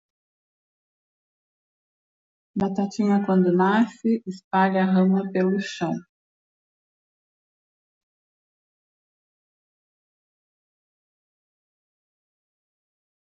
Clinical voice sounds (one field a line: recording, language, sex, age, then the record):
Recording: short text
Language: Brazilian Portuguese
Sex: female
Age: 60 to 69 years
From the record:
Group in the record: control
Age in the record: 63 years